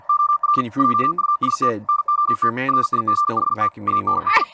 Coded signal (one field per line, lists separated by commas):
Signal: Morse code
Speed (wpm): 48 wpm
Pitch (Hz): 1180 Hz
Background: speech, music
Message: OR JUST NOT RIGHT AND